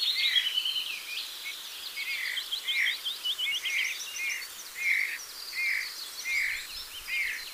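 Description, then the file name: Eurasian bullfinch repeating soft, low fluting whistles at a steady pace while other small birds twitter and chatter at higher pitch. "Pyrrhula pyrrhula"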